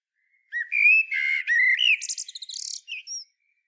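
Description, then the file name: Common blackbird: a single phrase of smooth, fluted whistles that breaks into a fast high trill and ends with a couple of thin squeaks. "Turdus merula"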